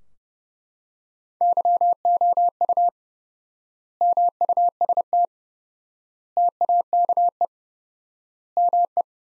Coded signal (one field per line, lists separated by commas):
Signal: Morse code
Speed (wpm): 30 wpm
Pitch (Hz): 700 Hz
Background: none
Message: YOU MUST TAKE ME